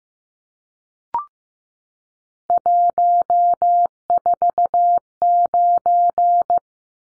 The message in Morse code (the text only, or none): 149